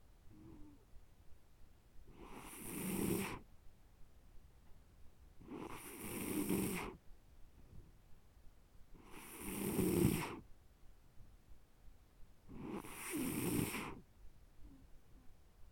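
Snoring from a sleeping adult.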